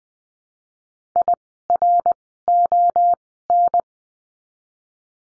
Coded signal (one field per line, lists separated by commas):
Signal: Morse code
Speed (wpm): 20 wpm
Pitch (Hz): 700 Hz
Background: none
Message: IRON